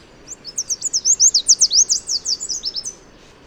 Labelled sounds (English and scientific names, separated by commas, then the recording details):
Chestnut-capped Warbler (Basileuterus delattrii) song
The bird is a male
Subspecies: delattrii
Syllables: 20
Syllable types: 15
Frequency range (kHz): 3.8-9.2 kHz
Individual MA-YSY-M